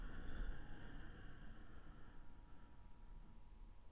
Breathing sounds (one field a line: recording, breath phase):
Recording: one breath near a microphone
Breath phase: exhalation